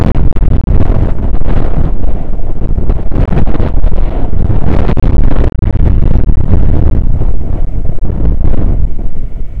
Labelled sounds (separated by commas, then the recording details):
wind
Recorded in the Prudhoe Bay oil fields, Alaska, on 9 August 2019 at 00:02
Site 29